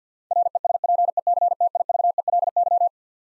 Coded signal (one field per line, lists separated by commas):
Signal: Morse code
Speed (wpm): 50 wpm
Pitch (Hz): 700 Hz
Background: none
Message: RESPECTIVELY